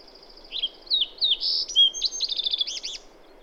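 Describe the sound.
Bird song: a few high chirps, a buzzy held note, then a rapid trill of quick repeated notes.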